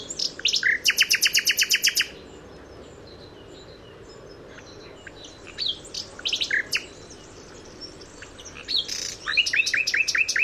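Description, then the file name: Common nightingale song: a loud buzzing trill, varied whistles and chirps, then a rapid run of repeated notes near the end. "Luscinia megarhynchos"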